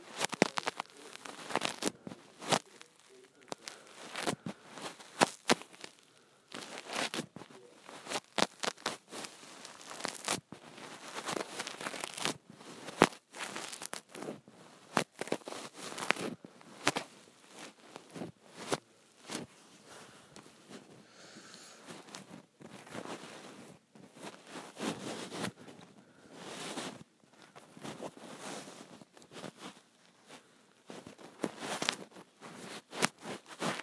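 Fabric scrunchies are rustled and crumpled, with dense, irregular bursts of crisp swishing and brief quiet gaps throughout.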